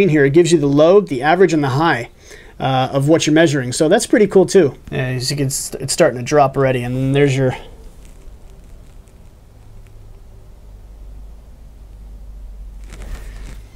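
Someone talks over the first 7.6 seconds, then quiet handling sounds follow as a tiny plug-in smartphone thermometer is brought to its small plastic keychain holder, with faint taps around 8.0, 9.9 and 12.8 to 13.0 seconds. The clip ends before the plug snaps into the holder, so nothing has seated yet.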